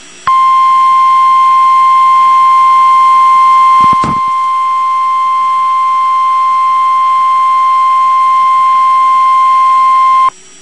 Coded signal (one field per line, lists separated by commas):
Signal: Emergency Alert System (SAME) tones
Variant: 1050 Hz attention tone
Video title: Severe Thunderstorm Warning (EAS #348)